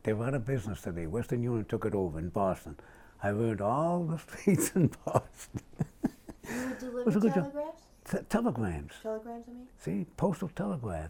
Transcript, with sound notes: They're out of business today - Western Union took it over in Boston. I learned all the streets in Boston. [laughs]
You were delivering telegraphs?
Telegrams.
Telegrams, I mean?
See, postal telegram.